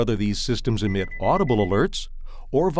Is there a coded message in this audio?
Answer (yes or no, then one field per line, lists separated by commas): no